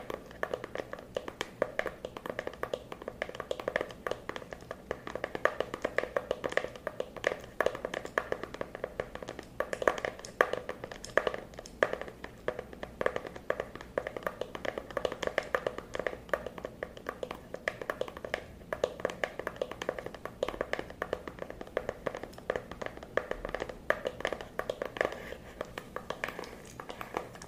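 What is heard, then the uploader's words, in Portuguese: Rapid, dense tapping continues without pause, with quick crisp hits and a faint low hum underneath throughout. ASMR com muito tapping.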